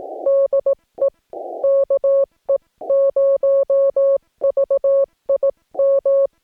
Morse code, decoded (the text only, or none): DE KE0VIM